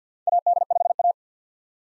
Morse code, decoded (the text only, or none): AD5A